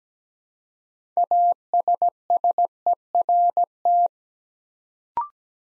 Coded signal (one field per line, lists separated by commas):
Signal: Morse code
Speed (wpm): 17 wpm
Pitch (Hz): 700 Hz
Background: none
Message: ASSERT